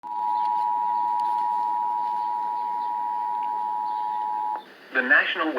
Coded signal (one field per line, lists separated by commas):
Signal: Emergency Alert System (SAME) tones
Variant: 853 and 960 Hz attention tone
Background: speech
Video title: EAS 40: Flood Warning